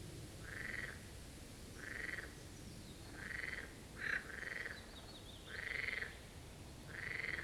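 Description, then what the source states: Marsh frogs giving rattling croaks, each under a second and roughly one every one and a half seconds, with a short sharp call in between. Chorus of marsh frogs at the Birkensee in Schönbuch, Germany, recorded on one of the first proper hot days of summer 2023.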